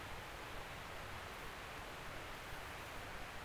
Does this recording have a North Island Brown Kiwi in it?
no